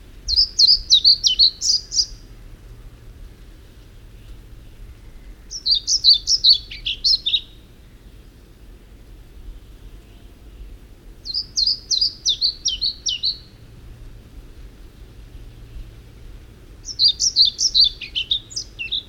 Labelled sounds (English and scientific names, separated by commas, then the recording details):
European Pied Flycatcher (Ficedula hypoleuca) song
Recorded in the wild
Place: Kamminke, Insel Usedom, Mecklenburg-Vorpommern, DE
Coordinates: 53.87, 14.206
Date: 1975-06-14 06:50
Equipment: Nagra III BH, Sennheiser MD 21, parabola
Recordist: Schubert, Michael